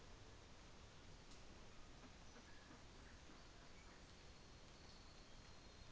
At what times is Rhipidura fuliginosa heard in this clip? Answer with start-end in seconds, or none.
none